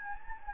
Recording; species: mosquito wingbeat signal from an infrared sensor; Anopheles gambiae